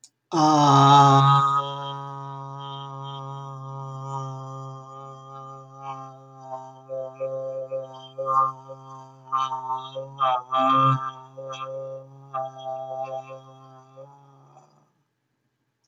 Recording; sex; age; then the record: vowel held as long as possible; male; 30 to 39 years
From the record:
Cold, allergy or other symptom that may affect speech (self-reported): no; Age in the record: 34 years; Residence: Virginia, United States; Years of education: 16